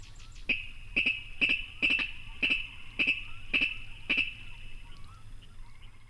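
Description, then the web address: Virginia rail calling, a series of sharp, clicky notes repeated about twice a second, over a low rumbling background. "Songs of Birds of North America Know Your Bird Sounds Common Western Species Virginia Rail"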